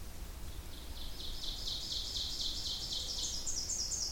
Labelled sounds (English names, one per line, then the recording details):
Ovenbird song
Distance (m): 55 m
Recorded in boreal forest in Alberta, Canada, on 26 May 2016 at 08:16
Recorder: SongMeter 3, array SBT-3-15
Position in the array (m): 54 m, 223 m
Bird 20